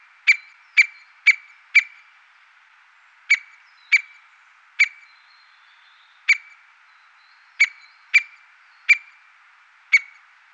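White-backed woodpecker with sharp, clicky single call notes, first in a quick group of four, then spaced irregularly every second or so.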